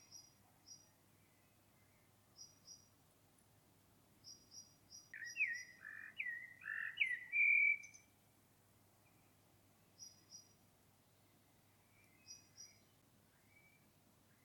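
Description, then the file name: Common blackbird singing one rich, mellow warbled phrase midway, while another bird repeats thin, high paired notes every couple of seconds throughout. "Turdus merula"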